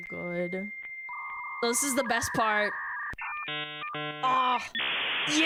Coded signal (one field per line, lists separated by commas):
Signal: dial-up modem handshake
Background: speech